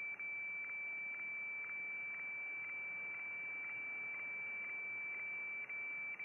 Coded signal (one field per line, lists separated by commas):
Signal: weather fax (radiofax)